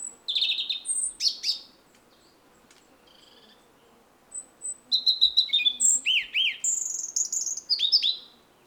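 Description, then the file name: European robin song in varied bursts of high warbling whistles and looping notes, a pause midway, then a fuller run of rapid, tumbling phrases. "Erithacus rubecula"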